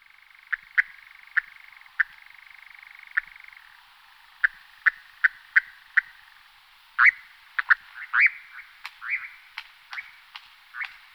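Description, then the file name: European nightjar giving faint churring fragments punctuated by sharp clicks, then a run of short chirping notes toward the end. "caprimulgus europaeus"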